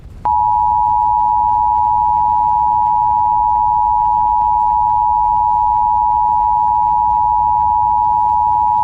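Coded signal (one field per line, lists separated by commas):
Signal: Emergency Alert System (SAME) tones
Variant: 853 and 960 Hz attention tone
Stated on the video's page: Fictional EAS scenario trailer with updated text-to-speech voice and added audio effects.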